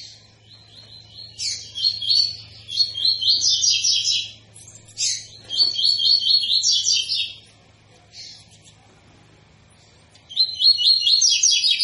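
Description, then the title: Double-collared seedeater singing rapid, ringing trilled phrases of repeated high notes, several bursts separated by short pauses, with a faint low hum beneath. Tui-tui song style, used as a tutor song for teaching young birds. "COLEIRO TUI TUI FIBRA"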